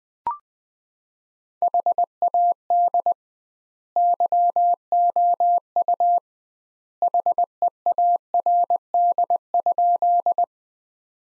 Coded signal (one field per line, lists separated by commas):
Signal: Morse code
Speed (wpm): 20 wpm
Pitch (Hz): 700 Hz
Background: none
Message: HAD YOU HEARD?